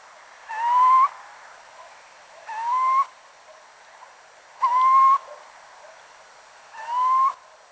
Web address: athene noctua call